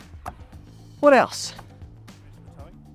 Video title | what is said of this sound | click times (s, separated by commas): 2024 Ford Ranger review: Platinum - New luxury dual-cab ute / pick-up levels up beyond Toyota HiLux? | very easy to do from one side so there are five different positions and it locks in place like that | 0.3 s